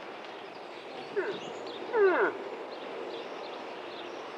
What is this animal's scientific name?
Alces alces